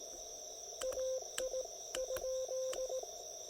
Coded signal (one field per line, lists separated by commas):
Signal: Morse code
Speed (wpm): 17 wpm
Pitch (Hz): 520 Hz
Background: radio noise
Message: AI ?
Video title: POTA Field Report: South Mountains State Park with a guest logger!